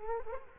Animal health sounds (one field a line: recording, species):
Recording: mosquito wingbeat signal from an infrared sensor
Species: Culex quinquefasciatus